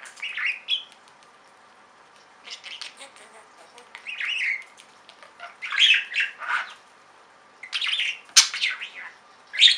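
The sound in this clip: Budgerigar squawky chirps in uneven clusters, harsh buzzy bursts separated by short pauses, with one sharp click near the end.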